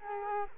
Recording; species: mosquito wingbeat signal from an infrared sensor; Culex quinquefasciatus